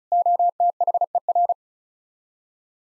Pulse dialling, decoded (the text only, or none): none